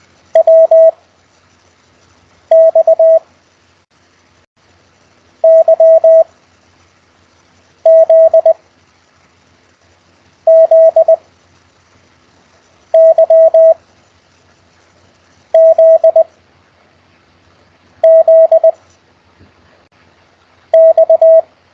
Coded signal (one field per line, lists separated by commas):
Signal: Morse code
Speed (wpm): 20 wpm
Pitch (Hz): 650 Hz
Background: none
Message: W X Y Z Z Y Z Z X